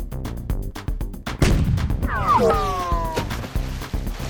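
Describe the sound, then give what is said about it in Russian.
A rapid run of sharp blasts builds into a heavy, rumbling explosion, followed by a shrill falling shell whistle over continued booming and crashing as shells strike the sea around a sailing yacht at the entrance to the Mediterranean, throwing water up into the sky. “Что-то свистнуло, ухнуло. Я вижу в парусе дырка в полметра. Кругом огонь, вода с грохотом взмывается в небо”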